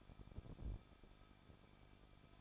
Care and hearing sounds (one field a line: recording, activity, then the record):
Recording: daily activity, microphone in the room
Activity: no activity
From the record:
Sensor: 5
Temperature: 20.9 degrees Celsius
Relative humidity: 38.3%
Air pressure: 1006.4 hPa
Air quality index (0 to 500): 189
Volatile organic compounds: 19 ppm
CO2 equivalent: 2666 ppm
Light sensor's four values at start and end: 2/3/1/1 and 2/3/1/1